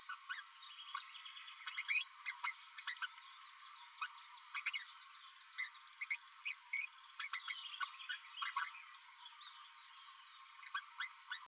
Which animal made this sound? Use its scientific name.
Forpus passerinus